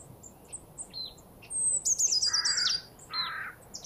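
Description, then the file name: Marsh tit call: a rapid high twittering trill with two rough, buzzy notes, one near its end and one just after, with faint thin chips before. "Poecile palustris"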